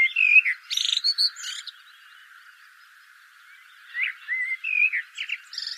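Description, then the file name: Common blackbird singing short, mellow fluted phrases that end in thin, squeaky high notes, with a pause of about two seconds between bursts. "Turdus merula"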